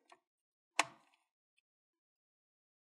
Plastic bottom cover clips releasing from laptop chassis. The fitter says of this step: go all the way to the side make sure you hear those clicks